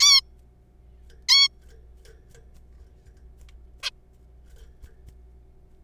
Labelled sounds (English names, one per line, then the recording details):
Zebra Finch
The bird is a juvenile
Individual R3428